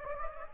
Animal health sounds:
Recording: mosquito wingbeat signal from an infrared sensor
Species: Anopheles gambiae

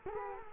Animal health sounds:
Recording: mosquito wingbeat signal from an infrared sensor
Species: Culex quinquefasciatus

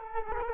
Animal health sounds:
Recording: mosquito wingbeat signal from an infrared sensor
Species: Culex quinquefasciatus

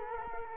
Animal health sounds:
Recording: mosquito wingbeat signal from an infrared sensor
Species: Culex quinquefasciatus

